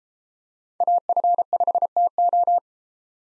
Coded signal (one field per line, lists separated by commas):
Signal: Morse code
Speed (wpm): 32 wpm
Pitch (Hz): 700 Hz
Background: none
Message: AF5TO